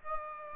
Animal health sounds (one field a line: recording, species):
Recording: mosquito wingbeat signal from an infrared sensor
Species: Aedes aegypti